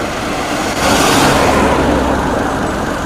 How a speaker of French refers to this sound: Sur la route Bujumbura-Uvira, la circulation des véhicules qui assurent le transport des personnes et des biens est très faible par rapport à la circulation qui prévalait avant l'extension de la guerre à l'est de la RDC.